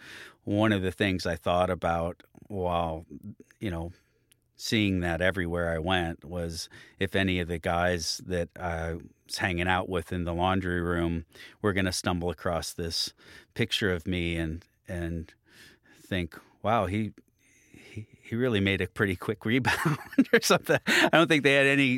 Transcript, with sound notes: And one of the things I thought about while, you know, seeing that everywhere I went was if any of the guys that I was hanging out with in the laundry room were going to stumble across this picture of me and think, wow, he really made a pretty quick rebound (laughter) or something. I don't think they had